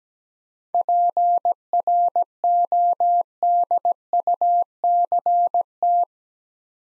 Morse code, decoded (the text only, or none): PRODUCT